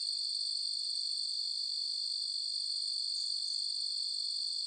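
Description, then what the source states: Cricket chirping chorus, a bright, rapid, continuous trill without a break. Forest nature ambience with crickets and other insects.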